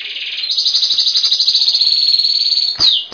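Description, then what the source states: Bird song: a rapid, even high trill of quick repeated notes, broken near the end by two sharp falling chips. Masteran bird song.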